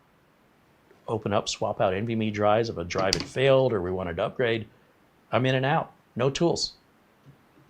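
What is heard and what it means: A tool-less M.2 heatsink cover on an ASUS ProArt motherboard is handled after NVMe drives are swapped out without tools, while someone talks throughout. The cover has not latched shut or clicked into place yet.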